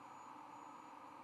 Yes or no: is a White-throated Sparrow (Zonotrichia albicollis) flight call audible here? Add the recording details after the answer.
no. No flight call is heard. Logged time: 22:46 on 23 November 2014